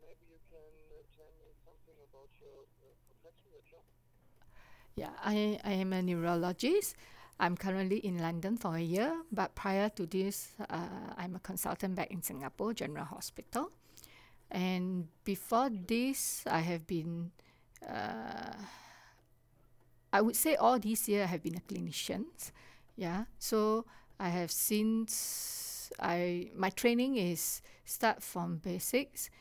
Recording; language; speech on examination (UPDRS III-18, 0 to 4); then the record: conversation on a phone call; English; 0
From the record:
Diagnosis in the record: healthy control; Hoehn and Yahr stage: 0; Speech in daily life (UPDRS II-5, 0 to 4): 0